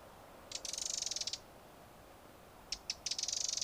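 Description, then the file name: Eurasian wren rattling call: two dry, rapid, buzzy bursts, the second opening with a few separate ticks, over a faint background hum. "Troglodytes troglodytes"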